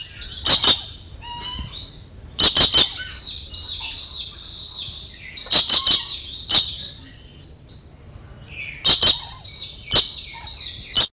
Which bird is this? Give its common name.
Dusky Lory